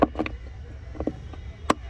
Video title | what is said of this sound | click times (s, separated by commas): Brezza Base Model To Top Model - old brezza convert to New 2020 - Rs-80,000 Sound --50,000 Interior | ठीक है? Lock हो गया। | 1.7 s